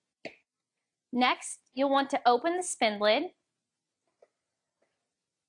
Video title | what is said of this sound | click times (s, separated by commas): Best Single Serve Coffee Maker in 2018 | Slide the drawer into the Brewer and lock into place | 0.2 s